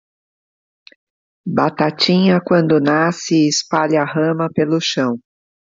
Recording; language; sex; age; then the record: short text; Brazilian Portuguese; female; 50 to 59 years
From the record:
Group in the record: control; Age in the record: 56 years